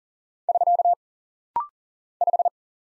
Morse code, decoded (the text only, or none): <SK> 5